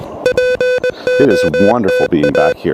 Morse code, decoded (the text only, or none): POTA